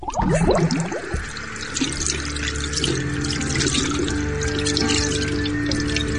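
Water runs steadily from a tap in a continuous hiss with faint splashes as hands are washed with soap and water under the stream. There's no talking, and a soft tonal hum lies underneath.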